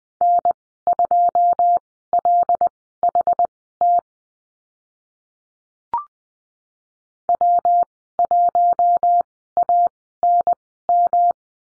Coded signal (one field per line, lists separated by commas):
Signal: Morse code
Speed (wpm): 20 wpm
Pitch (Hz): 700 Hz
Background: none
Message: N2LHT W1ANM